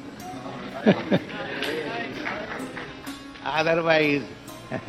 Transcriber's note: laughs